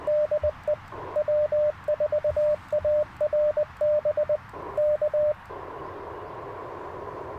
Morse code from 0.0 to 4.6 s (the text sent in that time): DE W4ARB